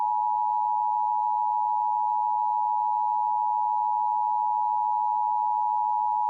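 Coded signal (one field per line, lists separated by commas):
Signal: Emergency Alert System (SAME) tones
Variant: 853 and 960 Hz attention tone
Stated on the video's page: Real statewide AMBER alert for Arizona/Washington/Idaho relayed by broadcast stations; originator civil authorities, event child abduction emergency.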